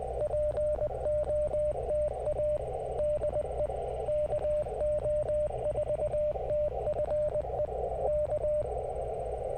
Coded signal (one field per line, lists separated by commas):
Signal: Morse code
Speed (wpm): 19 wpm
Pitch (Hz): 600 Hz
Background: radio noise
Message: POTA DE KO4TFE K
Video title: Quick CW POTA Activation After Work | Kentucky Horse Park #qrp #cw #parksontheair